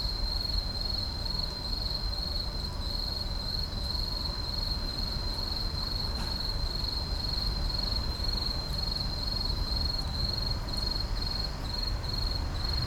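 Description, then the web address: Insects in a night chorus, a shrill trill running almost the whole time, over a deep low hum. Insects at night in an urban park. "boom library Urban and Suburban Urban park night insects"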